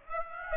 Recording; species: mosquito wingbeat signal from an infrared sensor; Aedes aegypti